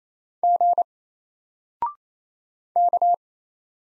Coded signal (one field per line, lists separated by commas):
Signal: Morse code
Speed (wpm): 27 wpm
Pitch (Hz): 700 Hz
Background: none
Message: G K